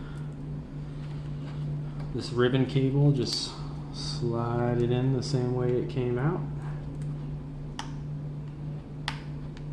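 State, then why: Seated. An LCD display ribbon cable is slid into the connector of a brand new laptop screen panel, an IPS replacement for a TN panel in an MSI laptop. Someone talks over a steady low hum, then sharp clicks are heard at 7.8, 9.1 and 9.6 seconds. The clicks confirm the ribbon cable is seated.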